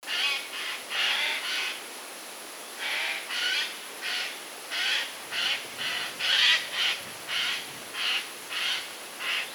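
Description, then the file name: Eurasian jay giving a long series of harsh, raspy calls, repeated fairly evenly, against a quiet hissing background. "Garrulus glandarius"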